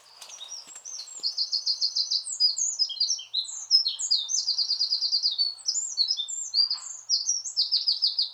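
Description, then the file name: Eurasian wren song, an unbroken torrent of very high, fast trills and sharp chattering notes, loud and energetic throughout with barely a pause. "Troglodytes troglodytes"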